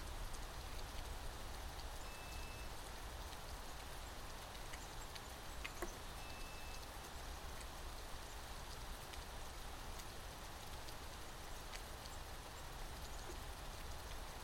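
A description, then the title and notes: Heavy rain pours steadily in a thunderstorm, a dense, even hiss that fills everything from a low rumble to bright spatter. Scattered sharp drops or small impacts tick through it, with a brief louder crack near six seconds. September Thunderstorm.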